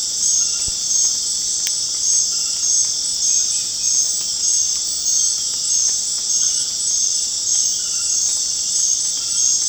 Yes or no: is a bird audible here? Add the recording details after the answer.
no. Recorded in secondary vegetation near Puerto Asís, Putumayo, Colombia, on 27 June 2025 at 19:00. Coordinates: 0.484, -76.319. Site G074